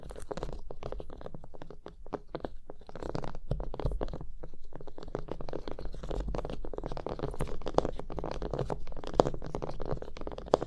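Surface tapping and scratching: a dense run of short, dry clicks and scrapes, packed closely with brief quieter gaps near the two- and four-second marks. The sound stays fairly even in level, with a low rumbling undertone and scattered crisp crunchy textures throughout.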